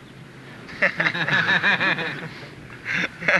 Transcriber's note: laughter